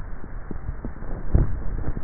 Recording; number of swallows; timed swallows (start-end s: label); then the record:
swallowing sounds by neck microphone; 1
1.05-1.97 s: swallow
From the record:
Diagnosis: dysphagia